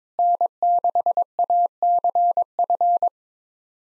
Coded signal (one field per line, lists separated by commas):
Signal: Morse code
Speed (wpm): 22 wpm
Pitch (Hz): 700 Hz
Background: none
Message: N6ACF